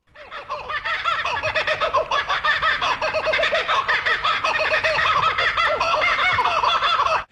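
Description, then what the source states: Kookaburra laughter: a dense, raucous run of rapid cackling and chuckling notes continuing for about seven seconds before stopping abruptly. Repetitious laughter call, played on radio; described as a glorious victory sound proclaiming territory.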